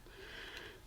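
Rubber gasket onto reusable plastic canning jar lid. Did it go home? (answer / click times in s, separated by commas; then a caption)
no / none. A rubber sealing ring is being fitted back onto a reusable plastic canning jar lid by hand, producing a soft, steady rubbing and rustling with a faint hiss and no sharp transients. Nothing has seated or clicked yet; the clip ends just before the ring goes fully home.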